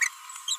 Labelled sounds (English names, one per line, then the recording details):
Green-rumped Parrotlet babbling
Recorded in a nest box in Venezuela
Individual 18B25A4